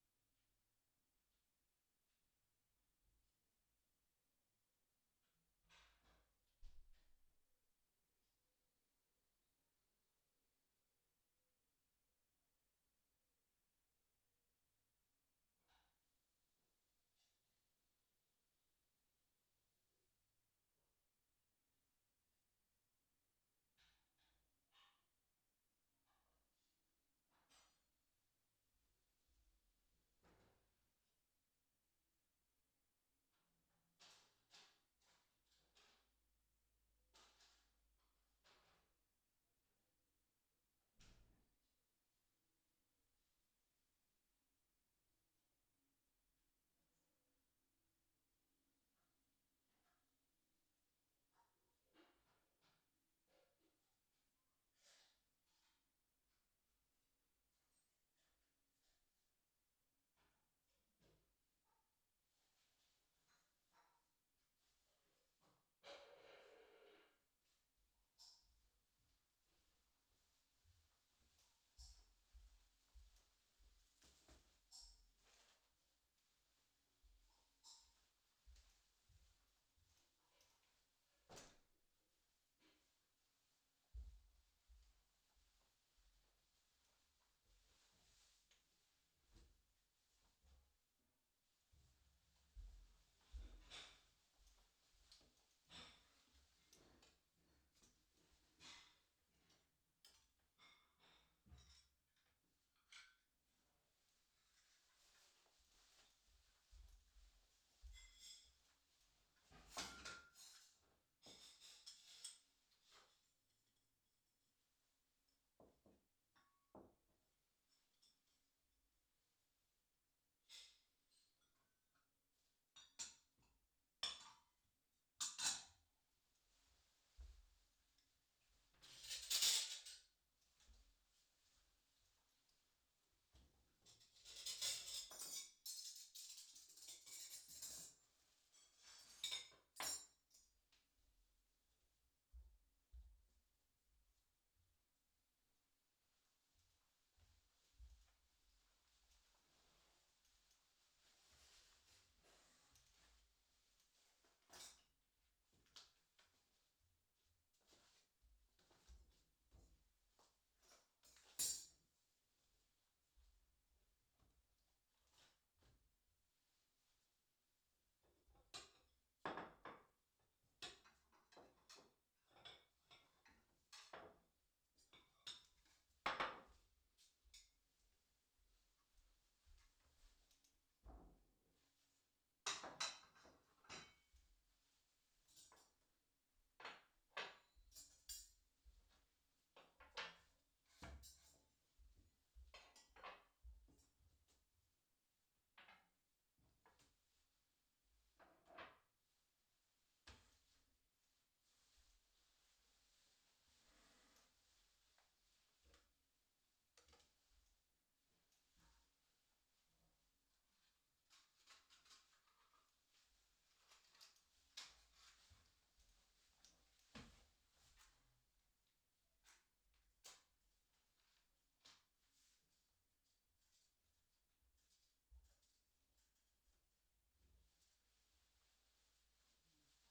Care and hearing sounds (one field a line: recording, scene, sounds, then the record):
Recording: everyday scene through a hearing-aid microphone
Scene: quiet indoors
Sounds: quiet, clatter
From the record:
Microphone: in the ear canal, left